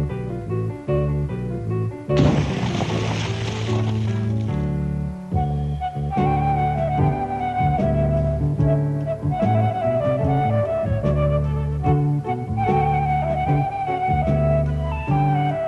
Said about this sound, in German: Kurz vor Mitternacht gab es einen lauten Platsch. Etwas Schweres war ins Wasser gefallen. Aus Van Dusens Bullaug.